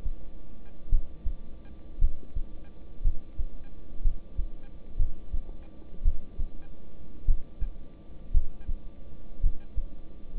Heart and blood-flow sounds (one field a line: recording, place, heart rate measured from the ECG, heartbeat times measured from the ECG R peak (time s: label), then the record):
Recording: heart sounds by stethoscope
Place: between the tricuspid and mitral areas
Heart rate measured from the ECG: 57 bpm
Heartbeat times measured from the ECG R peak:
0.89 s: heartbeat
1.99 s: heartbeat
3.02 s: heartbeat
4.02 s: heartbeat
4.97 s: heartbeat
6.03 s: heartbeat
7.25 s: heartbeat
8.32 s: heartbeat
9.41 s: heartbeat
10.35 s: heartbeat
From the record:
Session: rest, lying down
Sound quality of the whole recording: good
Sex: male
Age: 26 years